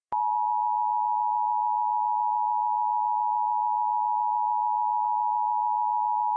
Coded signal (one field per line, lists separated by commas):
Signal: Emergency Alert System (SAME) tones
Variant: 853 and 960 Hz attention tone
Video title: EAS 1210 - Tornado Warning from Cable